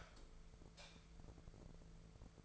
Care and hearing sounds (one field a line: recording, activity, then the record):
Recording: daily activity, microphone in the room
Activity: light off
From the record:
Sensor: 5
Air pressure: 1014.8 hPa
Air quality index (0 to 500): 169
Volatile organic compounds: 6 ppm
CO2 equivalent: 1858 ppm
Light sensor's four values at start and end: 108/260/111/122 and 107/255/109/120